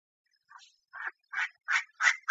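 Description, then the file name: Chinese francolin giving rhythmic, grating notes that build steadily louder. Female calling in Thailand. "tieng chim da da mai goi trong thai lan"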